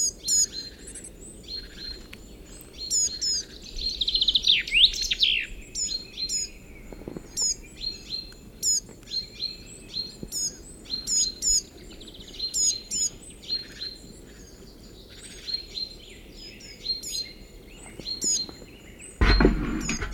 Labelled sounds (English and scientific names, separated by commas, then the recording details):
Coal Tit (Periparus ater)
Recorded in the wild
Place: Ralow, Insel Rügen, Mecklenburg-Vorpommern, DE
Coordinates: 54.403, 13.328
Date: 1974-04-13
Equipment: Nagra III BH, Sennheiser MD 21, parabola
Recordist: Schubert, Michael